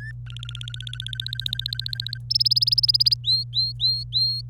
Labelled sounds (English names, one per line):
Domestic Canary song